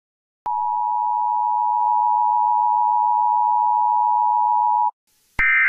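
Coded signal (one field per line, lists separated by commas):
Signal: Emergency Alert System (SAME) tones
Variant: 853 and 960 Hz attention tone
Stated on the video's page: Fictional EAS scenario (simulated) of a severe hurricane warning.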